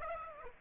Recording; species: mosquito wingbeat signal from an infrared sensor; Aedes aegypti